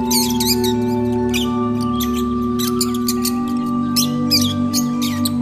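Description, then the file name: Lovebird chatter: sharp, squeaky high-pitched chirps in clustered bursts, with a constant low tonal hum underneath. Lovebirds, used for audio therapy. "audio terapi lovebirds"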